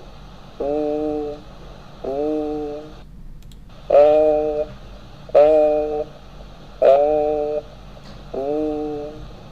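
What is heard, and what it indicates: Adult voice heard over the chest by stethoscope: a repeated vocalized 'e' comes through sounding like 'a', about six times in ten seconds. Egophony.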